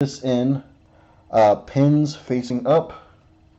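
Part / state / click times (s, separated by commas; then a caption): game card into video game console card slot / not seated / none. A HuCard game card is handled with its pins facing up, ready to go into the card slot of a switched-off TurboGrafx-16 console. Someone talks throughout, and only a short, quiet tick is heard. Nothing has seated or clicked into the slot yet.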